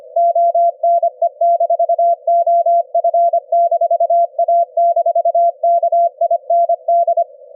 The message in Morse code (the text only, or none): ONE-OF-A-KIND